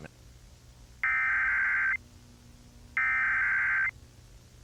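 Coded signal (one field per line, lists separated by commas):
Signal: Emergency Alert System (SAME) tones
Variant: header bursts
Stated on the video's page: Fake fictional EAS scenario of a TV broadcast interruption.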